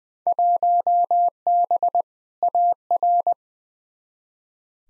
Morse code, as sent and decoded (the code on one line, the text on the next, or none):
.---- -... / .- .-.
1B AR